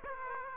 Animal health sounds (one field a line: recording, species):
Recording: mosquito wingbeat signal from an infrared sensor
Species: Aedes aegypti